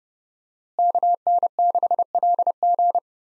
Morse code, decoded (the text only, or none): KN6LG